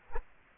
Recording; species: mosquito wingbeat signal from an infrared sensor; Culex quinquefasciatus